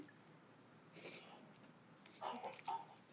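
A few short, harsh bursts, one near the start and a cluster of two or three at the end, sound thin and distorted over a faint background hiss. These are an infant's coughs, transmitted through a baby monitor that gives them a robotic edge.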